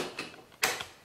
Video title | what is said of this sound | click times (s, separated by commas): Überspannungsableiter in die Unterverteilung einbauen - Teil 2/3 | Le parafoudre est simplement encliqueté. | 0.6 s